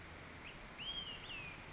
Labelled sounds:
Olive-sided Flycatcher (Contopus cooperi)
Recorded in Sonoma County, California

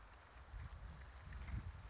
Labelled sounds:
Oak Titmouse (Baeolophus inornatus)
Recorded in Sonoma County, California

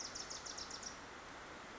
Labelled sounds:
Bewick's Wren (Thryomanes bewickii)
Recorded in Sonoma County, California

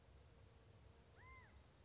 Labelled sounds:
California Quail (Callipepla californica)
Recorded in Sonoma County, California

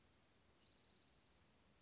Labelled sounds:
Western Flycatcher (Empidonax difficilis)
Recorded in Sonoma County, California

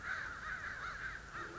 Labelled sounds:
American Crow (Corvus brachyrhynchos)
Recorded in Sonoma County, California

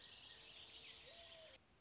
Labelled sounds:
Warbling Vireo (Vireo gilvus)
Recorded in Sonoma County, California

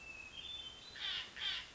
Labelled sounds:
Hermit Thrush (Catharus guttatus)
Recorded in Sonoma County, California

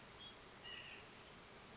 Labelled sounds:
White-breasted Nuthatch (Sitta carolinensis)
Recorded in Sonoma County, California

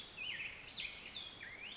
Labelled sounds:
Black-headed Grosbeak (Pheucticus melanocephalus)
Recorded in Sonoma County, California

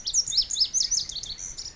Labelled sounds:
Pacific Wren (Troglodytes pacificus)
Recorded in Sonoma County, California

